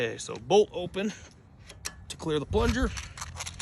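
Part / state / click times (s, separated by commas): magazine into air rifle receiver / not seated / none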